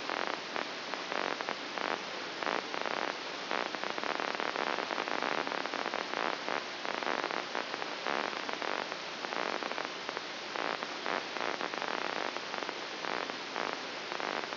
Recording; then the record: brain microelectrode recording played as sound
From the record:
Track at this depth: outside the subthalamic nucleus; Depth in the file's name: 7.304 mm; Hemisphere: left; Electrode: 2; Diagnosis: Parkinson's disease